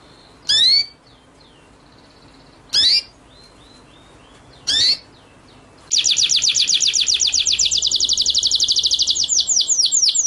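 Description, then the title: White-rumped shama song: three sharp sweeping whistled notes about two seconds apart, then a sustained rapid high trill breaking into quick rolling upslurs. Masteran training track of full rolling (ngerol) and rapid-fire (nembak) song style. "Masteran Murai Batu Full Ngerol Nembak"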